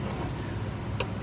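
A spark plug wire boot is pushed onto the terminal of a freshly tightened spark plug on a John Deere LA130 riding mower engine during a tune-up. A single short, sharp click at 1.0 s rises above steady low rumbling background noise, as the boot seats onto the plug.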